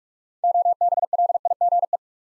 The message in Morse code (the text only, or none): OBLIGE